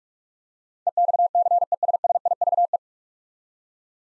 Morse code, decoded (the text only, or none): EXCESSIVE